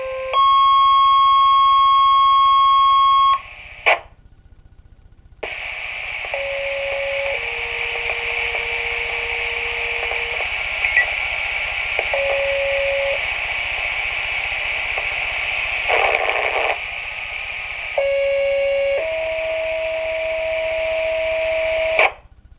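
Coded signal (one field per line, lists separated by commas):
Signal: two-tone page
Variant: Motorola Minitor two-tone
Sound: sequence of steady paired tones, each held a few seconds, over radio hiss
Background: radio static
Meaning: Monthly test activation of fire company pagers and sirens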